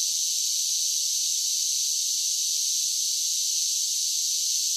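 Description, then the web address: Cicada song as a continuous high, hissing buzz with no pauses or pulses and no other sounds. Several cicadas singing together. "Blastwave INSECTS Cicadas Sing"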